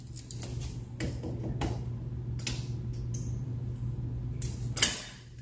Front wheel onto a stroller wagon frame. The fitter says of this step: wait until you hear it click